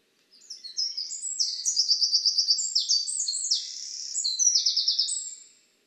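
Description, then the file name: Eurasian wren singing a fast, piercing, high run of trills and chattering notes for about five seconds. "Troglodytes troglodytes"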